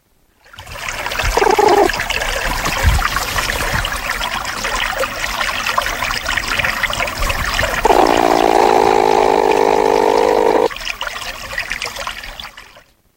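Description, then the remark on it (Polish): A platypus splashing in water: a steady stream of trickling, bubbling splashes, broken by a short tonal note early on and a longer, droning mid-pitched tone toward the end. “Woda, ale co tam było jeszcze? Dziobak.”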